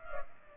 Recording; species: mosquito wingbeat signal from an infrared sensor; Culex pipiens